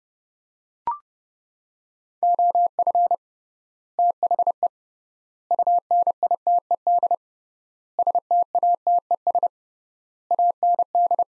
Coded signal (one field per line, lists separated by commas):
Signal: Morse code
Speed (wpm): 30 wpm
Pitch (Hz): 700 Hz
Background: none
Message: OF THE UNITED STATES AND